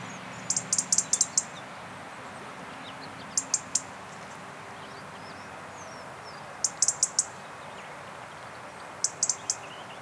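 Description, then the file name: European robin giving sharp, dry tick calls in quick bursts of a few, the bursts spaced a few seconds apart, with faint thin high notes in the background. "Erithacus rubecula"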